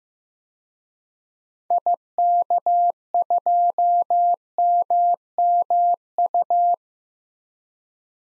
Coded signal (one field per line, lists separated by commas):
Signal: Morse code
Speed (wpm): 15 wpm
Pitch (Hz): 700 Hz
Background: none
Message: IK2MMU